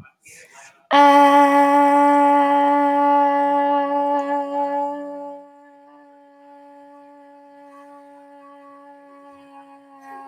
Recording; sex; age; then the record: vowel held as long as possible; female; 20 to 29 years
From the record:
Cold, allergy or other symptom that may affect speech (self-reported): no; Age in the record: 28 years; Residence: Massachusetts, United States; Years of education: 17